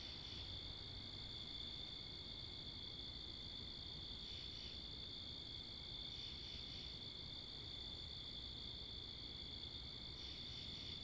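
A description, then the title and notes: A steady night chorus of crickets fills the air, a dense high, ringing trill that never lets up, with brief swells around the fourth, sixth and tenth seconds. Beneath it runs a constant low rumble of wind and passing cars. 11:35pm Wakefield, Rhode Island. Recording made Facing Northeast with two Rode NTG-3 Shotgun Mics recorded on a Sound Devices MixPre 10ii. Crickets, Cars, and Wind.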